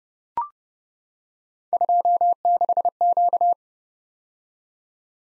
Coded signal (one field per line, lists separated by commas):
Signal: Morse code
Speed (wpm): 30 wpm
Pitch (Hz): 700 Hz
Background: none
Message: 26Q